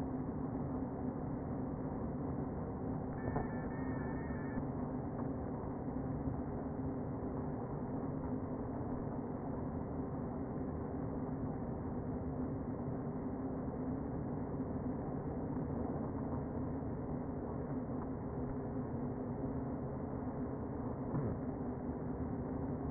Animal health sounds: honeybee colony, microphone inside the hive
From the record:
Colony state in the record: queen present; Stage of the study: before two queens were removed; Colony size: about 60,000 bees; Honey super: yes

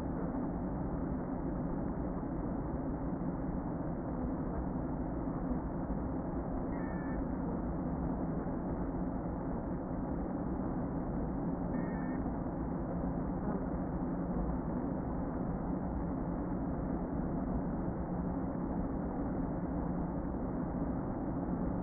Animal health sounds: honeybee colony, microphone inside the hive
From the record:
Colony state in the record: queen present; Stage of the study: before two queens were removed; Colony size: about 60,000 bees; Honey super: yes

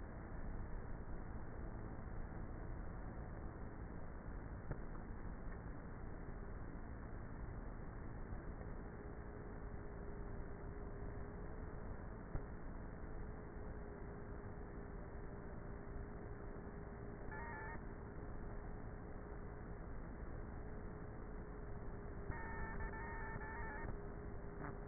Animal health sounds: honeybee colony, microphone inside the hive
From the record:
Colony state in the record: queenless with a low population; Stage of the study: before two queens were removed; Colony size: about 30,000 bees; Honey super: no

